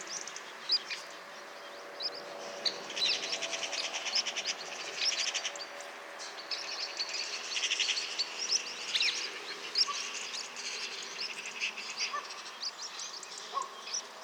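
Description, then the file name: Eurasian magpie giving harsh chattering in several bursts, with thin whistles and chirps over steady background hiss. "Pica pica"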